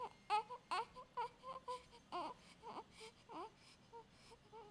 Female Baby Cry.